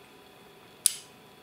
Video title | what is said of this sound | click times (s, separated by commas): My Opinion about Swedish Collar + Locking Mechanism (50mm, 690g Aluminium Necklace) | until it clicks once then | 0.9 s